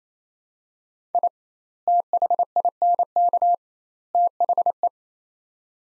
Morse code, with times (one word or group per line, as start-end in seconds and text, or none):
1.1-1.3 I
1.9-3.5 THINK
4.1-4.9 THE